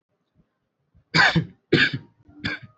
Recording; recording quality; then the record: heavy voluntary cough; excellent, no background noise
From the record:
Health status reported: healthy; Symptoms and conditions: none ticked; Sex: male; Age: 25 years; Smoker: not ticked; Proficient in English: yes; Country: India